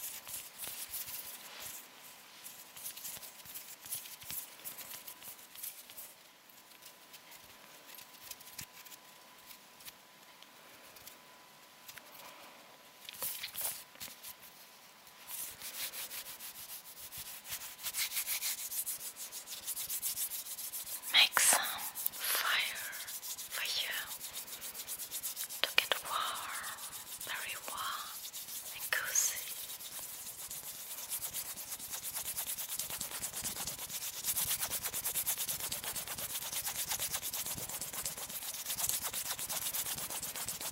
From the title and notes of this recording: Rode Mic. Hand Sounds (Fluttering, Rubbing, Plucking, Hand Cream ...)